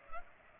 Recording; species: mosquito wingbeat signal from an infrared sensor; Culex pipiens